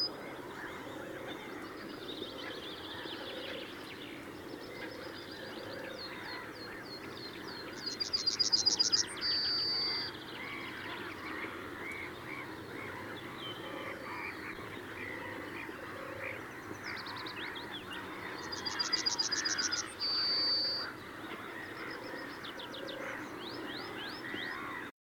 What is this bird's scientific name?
Emberiza citrinella